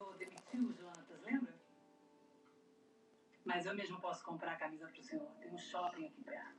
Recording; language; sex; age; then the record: short text; Brazilian Portuguese; female; 50 to 59 years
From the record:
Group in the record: control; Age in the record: 59 years